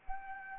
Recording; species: mosquito wingbeat signal from an infrared sensor; Anopheles arabiensis